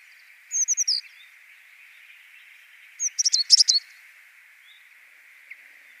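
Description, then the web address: African blue tit song: a short burst of four high notes, then a quicker run of high notes, over a steady hiss. Subspecies ultramarinus; song. "Schulze Peter African Blue Tit"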